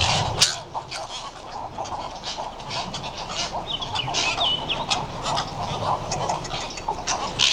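Western cattle egrets give a dense chorus of harsh, croaking squawks, many birds calling at once in irregular rapid bursts with a few higher, thin notes.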